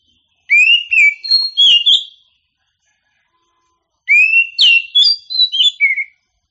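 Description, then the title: Oriental magpie-robin song: two loud phrases, each opening with a rising whistle followed by sharp, varied whistled notes, separated by a pause of nearly two seconds. A champion singing bird. "Kicau Burung Kacer Juara"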